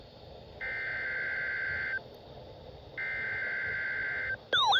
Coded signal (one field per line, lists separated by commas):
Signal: Emergency Alert System (SAME) tones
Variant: header bursts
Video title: WWG49 (LSX) Winter Storm Warning. 1/22/25 EAS #535